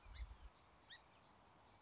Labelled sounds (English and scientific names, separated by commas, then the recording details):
Song Sparrow (Melospiza melodia)
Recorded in Sonoma County, California